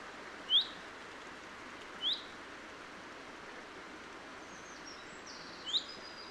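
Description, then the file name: Common chaffinch calls, three short descending notes spaced irregularly, with faint high chirps and a steady background hiss. "Fringilla coelebs"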